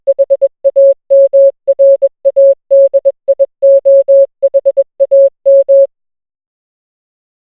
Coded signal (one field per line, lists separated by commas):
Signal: Morse code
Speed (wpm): 21 wpm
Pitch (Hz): 550 Hz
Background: music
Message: HAMRADIOHAM